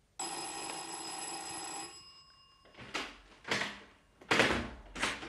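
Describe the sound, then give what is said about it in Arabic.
An apartment doorbell rings in one steady, bright electronic tone for almost two seconds, then fades into a short pause followed by several rattling, clattering bursts like a door being handled and opened. “وبعد شوية خرج جوزها، استنيت لما أختي نامت وضربت الجرس عليها.”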